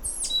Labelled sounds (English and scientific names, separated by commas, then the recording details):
Stitchbird (Notiomystis cincta) song
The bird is a male
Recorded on Tiritiri Matangi Island, New Zealand, in 2005
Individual 1, of nest box 1